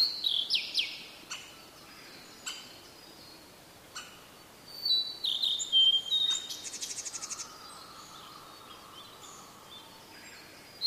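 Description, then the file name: Blue-and-white flycatcher singing high whistled phrases, then a fast buzzy, rattling run of pulsed notes, with a low steady hum in the background. "oruri"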